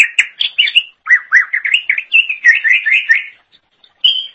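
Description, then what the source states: Leafbird song: a rapid stream of chattering notes and slurred whistles, then a brief pause and a final short phrase. Cucak ijo song.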